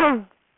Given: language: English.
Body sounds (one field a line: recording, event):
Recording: throat vibration sensor signal played as sound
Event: throat clearing